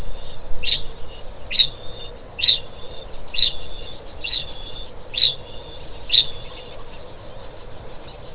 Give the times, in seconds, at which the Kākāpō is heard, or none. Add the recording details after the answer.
0.00-6.81. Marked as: faintness 3/5. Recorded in New Zealand. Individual Stumpy